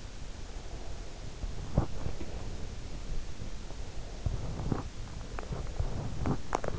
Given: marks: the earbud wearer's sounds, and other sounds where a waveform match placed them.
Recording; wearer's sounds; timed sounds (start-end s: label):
sounds in sleep by an in-ear microphone; breath
0.57-2.84 s: breath
4.19-6.23 s: breath